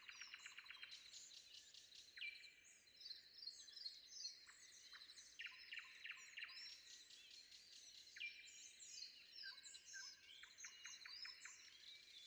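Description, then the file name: Common nightingale singing a fast stuttering trill that opens into varied whistles and clicking phrases. Recorded before dawn. "predawn nightingale"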